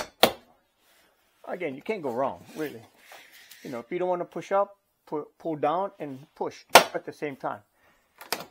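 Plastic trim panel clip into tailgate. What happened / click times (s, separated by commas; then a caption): The trim panel clip snapped home / 0.2 s. A plastic rear center trim panel on a Toyota RAV4 Prime tailgate is pushed back in, working up from the bottom, and a clip snaps into the tailgate with a sharp click at 0.2 s, showing it has seated. Someone talks afterward, and two fainter clicks follow near 8.2 s and 8.3 s.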